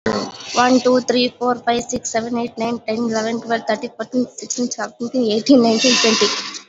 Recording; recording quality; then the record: counting at a fast pace; moderate, slight background noise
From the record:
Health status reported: healthy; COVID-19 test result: negative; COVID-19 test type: RT-PCR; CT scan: not taken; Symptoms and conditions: cough, cold, fever, hypertension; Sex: female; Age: 30 years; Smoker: no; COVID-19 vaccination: both doses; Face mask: worn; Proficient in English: yes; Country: India